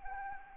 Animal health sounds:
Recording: mosquito wingbeat signal from an infrared sensor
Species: Anopheles arabiensis

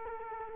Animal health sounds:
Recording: mosquito wingbeat signal from an infrared sensor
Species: Culex quinquefasciatus

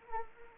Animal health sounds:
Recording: mosquito wingbeat signal from an infrared sensor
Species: Anopheles arabiensis

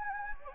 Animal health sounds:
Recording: mosquito wingbeat signal from an infrared sensor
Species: Anopheles gambiae

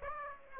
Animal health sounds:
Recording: mosquito wingbeat signal from an infrared sensor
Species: Aedes aegypti

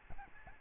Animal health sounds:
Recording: mosquito wingbeat signal from an infrared sensor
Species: Aedes albopictus

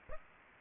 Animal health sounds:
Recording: mosquito wingbeat signal from an infrared sensor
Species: Aedes aegypti

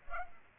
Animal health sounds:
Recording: mosquito wingbeat signal from an infrared sensor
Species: Culex pipiens

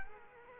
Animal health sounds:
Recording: mosquito wingbeat signal from an infrared sensor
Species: Culex quinquefasciatus

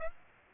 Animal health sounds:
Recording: mosquito wingbeat signal from an infrared sensor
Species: Aedes aegypti

